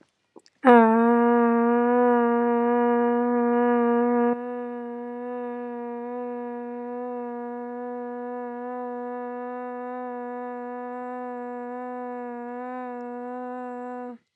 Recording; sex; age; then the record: vowel held as long as possible; female; 30 to 39 years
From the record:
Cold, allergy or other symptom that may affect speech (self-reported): no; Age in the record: 36 years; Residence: Tennessee, United States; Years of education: 19